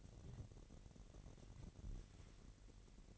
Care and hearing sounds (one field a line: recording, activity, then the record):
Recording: daily activity, microphone in the room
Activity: place on stove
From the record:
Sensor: 4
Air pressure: 1012.8 hPa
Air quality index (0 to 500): 236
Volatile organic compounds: 4 ppm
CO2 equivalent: 1573 ppm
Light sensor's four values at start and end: 26/61/25/24 and 25/59/24/23